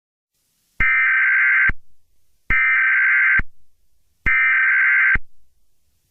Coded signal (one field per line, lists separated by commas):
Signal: Emergency Alert System (SAME) tones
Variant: header bursts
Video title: EAS Scenario #48: Invasion of Privacy